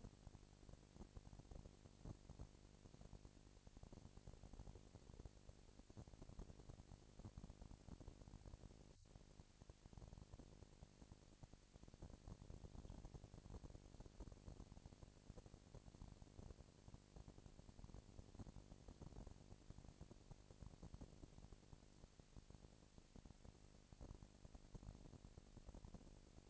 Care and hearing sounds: daily activity, microphone in the room; no activity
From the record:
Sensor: 5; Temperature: 19.8 degrees Celsius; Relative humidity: 36.6%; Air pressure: 997.2 hPa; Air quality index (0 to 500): 168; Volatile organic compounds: 14 ppm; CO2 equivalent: 2438 ppm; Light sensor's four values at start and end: 2/3/1/1 and 2/3/1/1

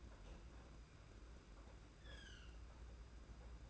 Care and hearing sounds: daily activity, microphone in the room; open fridge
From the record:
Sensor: 2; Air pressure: 991.7 hPa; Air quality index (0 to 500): 221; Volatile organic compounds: 1000 ppm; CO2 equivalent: 7382 ppm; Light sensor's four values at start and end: 25/80/31/29 and 25/80/31/29

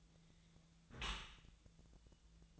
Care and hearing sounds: daily activity, microphone in the room; close dishwasher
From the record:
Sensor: 3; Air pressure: 1000.5 hPa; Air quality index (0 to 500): 174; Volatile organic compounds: 3 ppm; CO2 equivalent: 1506 ppm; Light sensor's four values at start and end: 13/35/14/15 and 13/35/14/15

